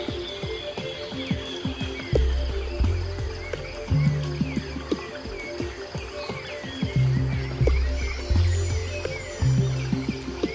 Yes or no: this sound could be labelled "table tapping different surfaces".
no